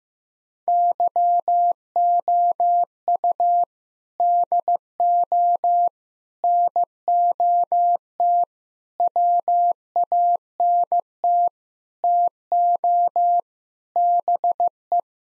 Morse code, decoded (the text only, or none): YOU DO NOT WANT TO BE